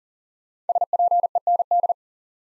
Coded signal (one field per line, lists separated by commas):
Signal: Morse code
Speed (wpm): 42 wpm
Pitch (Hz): 700 Hz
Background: none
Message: SPEND